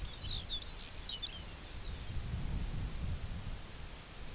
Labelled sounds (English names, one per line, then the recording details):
Lapland Longspur
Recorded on Arctic tundra, site UTQI-2, on 17 June 2019
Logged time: 14:00